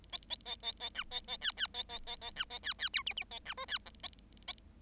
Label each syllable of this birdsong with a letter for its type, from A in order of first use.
A A A A A B A A C C A A A A B A C C D E E A B F C G A